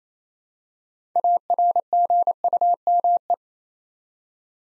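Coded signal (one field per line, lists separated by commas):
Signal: Morse code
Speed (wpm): 27 wpm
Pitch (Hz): 700 Hz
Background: none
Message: ARGUME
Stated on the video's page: Morse practice at 28 wpm building 8-letter words two letters at a time, for instant character recognition.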